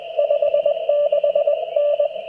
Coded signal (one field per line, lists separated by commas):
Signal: Morse code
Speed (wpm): 22 wpm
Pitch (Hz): 580 Hz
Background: radio noise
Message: 56N